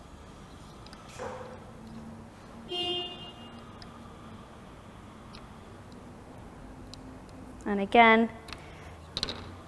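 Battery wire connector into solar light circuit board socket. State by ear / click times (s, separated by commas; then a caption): seated / 9.2 s. A battery's wire connector is pressed, metal side down, into the socket labelled "battery" on a plastic solar light circuit board while someone talks. A sharp click sounds at 9.2 seconds as the connector seats in the socket.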